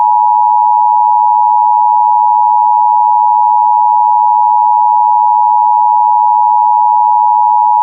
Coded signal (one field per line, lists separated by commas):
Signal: Emergency Alert System (SAME) tones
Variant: 853 and 960 Hz attention tone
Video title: A Randomnomicon EAS Mock Broadcast